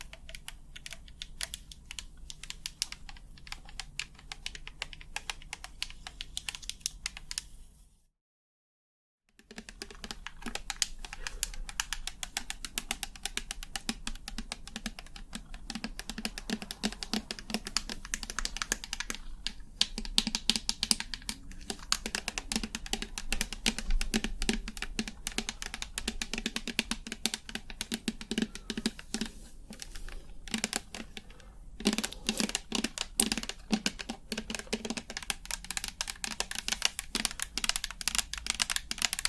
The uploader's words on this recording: ASMR 100% Tapping for the BEST Sleep ~ with long nails, no talking.